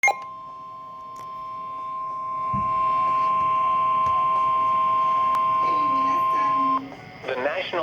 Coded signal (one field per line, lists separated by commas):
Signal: Emergency Alert System (SAME) tones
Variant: 1050 Hz attention tone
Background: speech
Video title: EAS #441: TOR